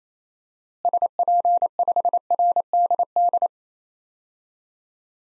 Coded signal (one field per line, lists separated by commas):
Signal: Morse code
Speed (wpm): 28 wpm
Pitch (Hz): 700 Hz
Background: none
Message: SP5RDD